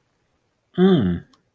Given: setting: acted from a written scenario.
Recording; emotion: vocal sound without words; contentment